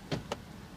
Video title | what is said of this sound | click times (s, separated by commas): 2016 Honda pilot EX | cable and you got that right there locked into place and you're good to go | 0.3 s